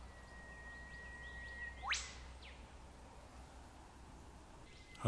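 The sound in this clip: Whipbird call: a long thin whistled tone ending in a sharp rising whip-crack.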